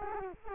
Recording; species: mosquito wingbeat signal from an infrared sensor; Culex quinquefasciatus